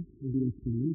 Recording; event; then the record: neck accelerometer signal played as sound; no cough (speech, laughter, throat clearing or background)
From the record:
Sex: male